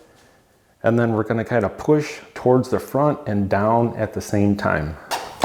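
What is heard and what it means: A CFMOTO 300NK/450NK motorcycle rear seat, refitted after a lithium battery install, is brought in from the back and pushed toward the front and down onto its seat latch on the frame while someone talks. A short sharp sound occurs at 5.4 s at the very end, but nothing has seated or clicked yet.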